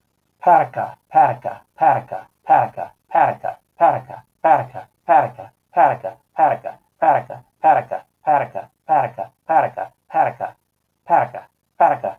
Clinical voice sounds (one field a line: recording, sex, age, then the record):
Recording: repeated syllables /pa ta ka/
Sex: male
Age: 50 to 59 years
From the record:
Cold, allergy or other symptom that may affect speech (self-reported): no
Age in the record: 57 years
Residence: Virginia, United States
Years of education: 17